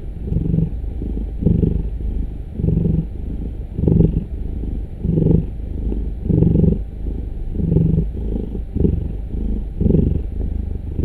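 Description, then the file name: Cat purring: a steady, deep, rumbling vibration that swells and fades with each breath, roughly once every second or so. "Digiffects Sound Effects Library - Cat Purring"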